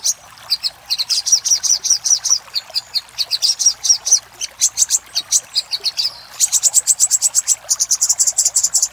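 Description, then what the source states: Little spiderhunter giving quick, high chips that shift in pitch between phrases, first lower and steady, later higher and sharper, repeated without let-up. Master recording for training cage birds; Indonesian name sogok ontong, labelled labaik.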